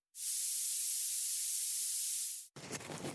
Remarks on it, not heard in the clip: You have what we call a white noise style of tinnitus. Your tinnitus is at 8 kilohertz which is quite a high frequency.